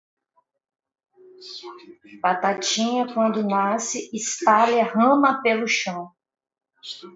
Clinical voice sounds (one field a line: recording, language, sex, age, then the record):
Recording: short text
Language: Brazilian Portuguese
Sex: female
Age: 40 to 49 years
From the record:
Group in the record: control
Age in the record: 43 years